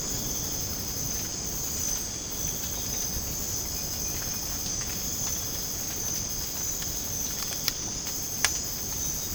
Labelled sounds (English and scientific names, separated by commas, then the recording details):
none
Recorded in dense forest near Puerto Asís, Putumayo, Colombia, on 30 June 2025 at 04:30
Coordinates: 0.486, -76.317
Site G065